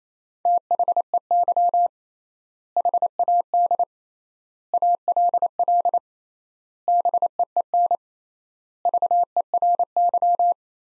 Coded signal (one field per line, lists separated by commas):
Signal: Morse code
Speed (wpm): 28 wpm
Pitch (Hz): 700 Hz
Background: none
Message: THEY HAD ALL BEEN VERY